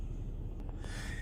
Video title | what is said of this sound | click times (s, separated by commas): Ep. 240: In This Steel Horse I (now) Ride - #4runner #toyota #newtruck #blessed #grateful #4x4 #4WD | I heard metal clicks and no plastic cracks. | 0.6 s, 0.7 s